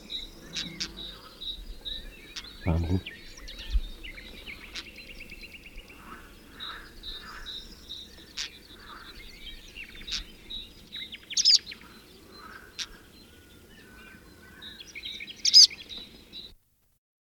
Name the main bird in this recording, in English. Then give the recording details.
Western Black-eared Wheatear. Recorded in the wild. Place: Melnik, Blagoewgrad, BG. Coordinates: 41.525, 23.392. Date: 1974-05-26. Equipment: Nagra III BH, Sennheiser MD 21, parabola. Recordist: Schubert, Michael. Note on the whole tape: Gesang u. evtl. Warnrufe Steinrötel Nr. 3; Mittelmeersteinschmätzer ("tschilipp")